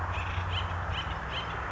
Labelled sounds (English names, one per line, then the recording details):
Acorn Woodpecker
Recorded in Sonoma County, California